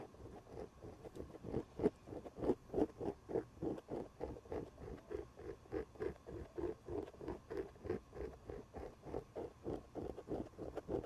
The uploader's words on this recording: Sounds like: having your shaved head rubbed in a circle, tracing a kneecap under leggings, scratching the elbow pad of an old sweater.